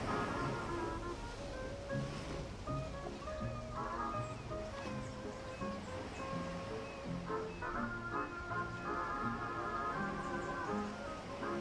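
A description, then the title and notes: Ocean waves make a dense, steady wash that fills the whole clip with a constant rumble. Over it run many short, pitched calls in quick succession, like birds and seagulls crying, with a busy cluster near the end. Ocean waves w/ birds, seagulls.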